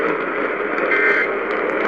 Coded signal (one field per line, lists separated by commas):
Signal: Emergency Alert System (SAME) tones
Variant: end-of-message bursts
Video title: Eas Fwd svr on wbap 820am, KSKY 660am, KLIF 570am Eas#1720- 1722)